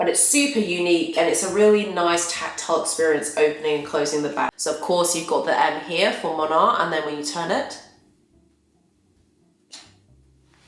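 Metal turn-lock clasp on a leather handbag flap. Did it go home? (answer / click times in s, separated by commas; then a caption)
yes / 9.7 s. Someone talks for about the first eight seconds, then it goes quiet as the M-shaped metal turn-lock clasp on the leather flap of a Moynat Gabrielle clutch is turned. The clasp locks into place with a short, sharp click at 9.7 s, followed by a faint softer sound near 10.5 s.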